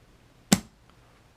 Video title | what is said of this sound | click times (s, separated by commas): Fast FZ09 - Gear Review - AGV Corsa Sole Luna - Rossi Helmet | So with this, you just push all the way down, you'll hear a click, | 0.5 s